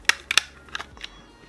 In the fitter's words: put that into the case, click it down, and it's in.